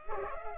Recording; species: mosquito wingbeat signal from an infrared sensor; Culex pipiens